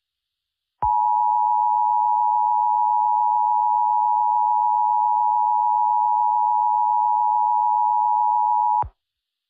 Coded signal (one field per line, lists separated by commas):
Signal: Emergency Alert System (SAME) tones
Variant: 853 and 960 Hz attention tone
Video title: (BIRTHDAY SPECIAL) Akame's Bloody Rampage (Akame ga Kill EAS Scenario)